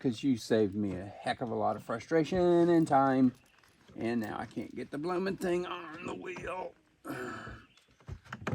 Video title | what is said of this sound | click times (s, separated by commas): Off-Grid Living: Reloading the BlackMax Weed Eater for Efficient Maintenance | okay snapped in place the little Bob head is in place | 8.3 s, 8.5 s